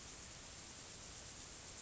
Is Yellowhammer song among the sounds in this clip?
no